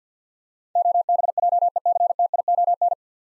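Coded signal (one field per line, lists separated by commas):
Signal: Morse code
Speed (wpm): 50 wpm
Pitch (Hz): 700 Hz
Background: none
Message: OBJECTION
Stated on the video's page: Morse practice at 50 wpm, 9-letter words with first 3 letters given, each word sent twice for head-copy and instant character recognition.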